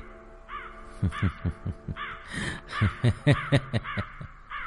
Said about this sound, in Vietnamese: Ở bên ngoài vẫn vọng về tiếng chim kêu the thé giữa màn đêm